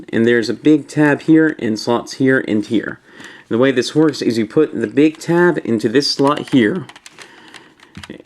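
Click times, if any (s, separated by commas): 8.0 s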